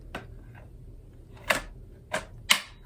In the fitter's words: oh literally three clicks it was in one here two here one here let's say two